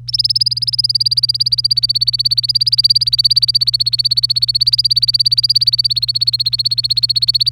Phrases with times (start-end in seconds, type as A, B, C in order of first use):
0.08-7.49 A